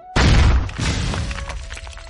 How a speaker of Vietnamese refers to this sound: Tiếng nổ liên tiếp truyền đến, mấy cột sáng này vừa đến bên yêu thú, liền bị đám sương màu đen nhàn nhạt trên người yêu thú sinh ra cản lại, phát ra những tiếng nổ kịch liệt.